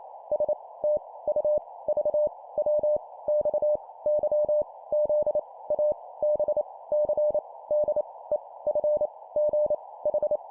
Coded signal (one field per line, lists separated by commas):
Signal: Morse code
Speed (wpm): 28 wpm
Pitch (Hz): 600 Hz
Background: none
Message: S T U V W X Y Z A B C D E F G H